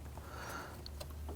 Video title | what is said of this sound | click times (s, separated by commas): How to Replace Motor Mount 2010-2019 Ford Taurus 3.5L V6 | going to feel and hear it lock into place. | 0.9 s